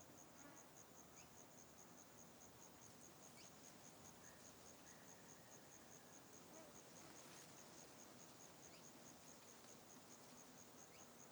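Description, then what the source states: Crickets chirping in a steady, high-pitched series of rapid pulses throughout, with faint scattered insect chirps and a soft background hiss. Outdoors in a deforested area, with insects and crickets.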